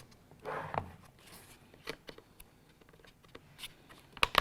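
A plastic shift indicator lens is pressed onto the automatic shifter housing of a 1997–2004 C5 Corvette, its forked ends fitting over two small guide fingers. Soft rustling handling noise and a few faint ticks lead up to a sharp snap at 4.2 s, followed by a second click just after. The lens snaps into place and is seated.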